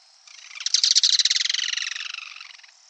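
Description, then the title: Yellow-chinned spinetail delivering a single rapid, dry rattle that swells in loudness and then fades over about two and a half seconds. "LuckyPassaro Completos2Sama. Yellow-chinned Spinetail (Certhiaxis cinnamomeus)"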